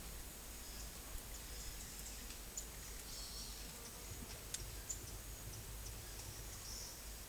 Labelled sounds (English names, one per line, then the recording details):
none
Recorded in secondary vegetation near Puerto Asís, Putumayo, Colombia, on 22 December 2024 at 10:00
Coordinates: 0.468, -76.324
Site G095